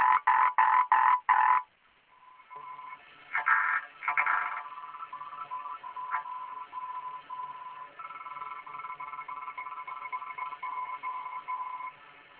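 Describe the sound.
Frog croaks: a quick series of loud rasping pulses, then after a pause softer, rapidly repeated croaks continuing to the end.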